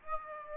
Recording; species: mosquito wingbeat signal from an infrared sensor; Aedes aegypti